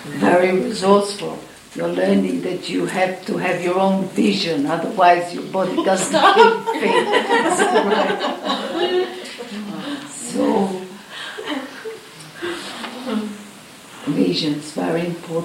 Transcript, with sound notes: ...very resourceful you are learning that you have to have your own vision otherwise your body doesn’t... (Comments and laughter) Starve. So... Vision very important.